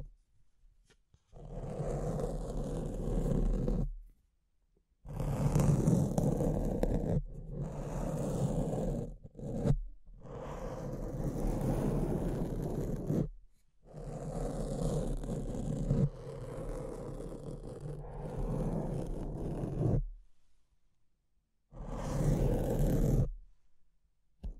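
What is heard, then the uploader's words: Mic scratching in rough, dense bursts of grinding scrape that fill the range from low rumble to bright hiss. Bursts last a few seconds each and are separated by abrupt dead silences, with longer gaps around 4, 10, and 20 seconds. ASMR Brain Melting Mic Scratching (No Talking).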